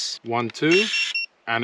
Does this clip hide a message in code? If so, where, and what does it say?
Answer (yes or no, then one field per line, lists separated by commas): no